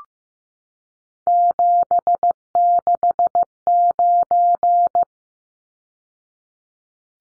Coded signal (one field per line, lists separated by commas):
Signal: Morse code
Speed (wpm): 15 wpm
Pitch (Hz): 700 Hz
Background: none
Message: 769